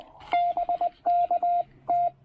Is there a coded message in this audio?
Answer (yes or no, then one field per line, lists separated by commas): yes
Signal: Morse code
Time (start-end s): 0.3-2.1 s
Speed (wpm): 20 wpm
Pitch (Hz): 700 Hz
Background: radio noise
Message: BKT